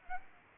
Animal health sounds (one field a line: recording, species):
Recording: mosquito wingbeat signal from an infrared sensor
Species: Aedes aegypti